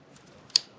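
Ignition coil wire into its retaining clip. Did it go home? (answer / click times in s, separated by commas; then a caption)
yes / 0.6 s. An ignition coil wire is routed over the coil and clipped back into its retaining clip during a simple car tune-up. After a couple of faint ticks, a single sharp, bright snap is heard at 0.6 s. The wire is seated in its clip.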